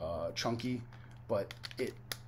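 Someone talks while handling a Sky Lynx Transformers Earthrise toy robot, working the small plastic tab on its leg/ankle piece toward its slot, with light plastic taps and rattles under the voice. The tab has not clicked into the joint yet; nothing has seated.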